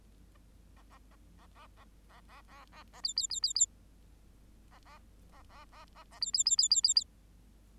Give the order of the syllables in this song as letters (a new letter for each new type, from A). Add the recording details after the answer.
A A A A A A A A A A A B B B B B A A A A A B B B B B B B. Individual Bird8